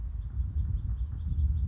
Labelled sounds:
House Finch (Haemorhous mexicanus)
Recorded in Sonoma County, California

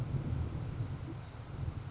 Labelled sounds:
Grasshopper Sparrow (Ammodramus savannarum)
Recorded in Sonoma County, California

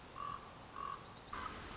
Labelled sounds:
Common Raven (Corvus corax)
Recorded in Sonoma County, California

